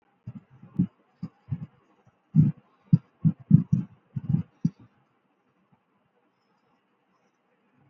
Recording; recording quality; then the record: shallow breathing; moderate, slight background noise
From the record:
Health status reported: healthy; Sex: male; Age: 28 years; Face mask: not worn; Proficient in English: yes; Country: India